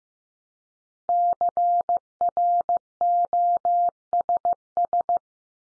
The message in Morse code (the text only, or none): CROSS